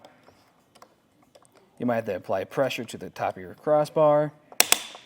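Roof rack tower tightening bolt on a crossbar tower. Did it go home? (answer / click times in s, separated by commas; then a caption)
yes / 4.6 s, 4.7 s. Someone talks while the tower bolt on a Yakima RidgeLine roof rack crossbar tower is tightened on a 2021 Jeep Compass with flush rails, with pressure pressed down on top of the crossbar. Faint ticks come before the speech, then the torque limiter gives two sharp clicks at 4.6 and 4.7 seconds, confirming the bolt is tightened to its set torque.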